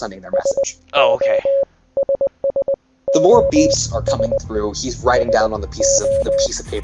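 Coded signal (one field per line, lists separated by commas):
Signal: Morse code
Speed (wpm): 20 wpm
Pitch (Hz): 550 Hz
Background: speech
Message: SOS SOS SO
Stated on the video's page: Morse code SOS sound effect in a tabletop game stream.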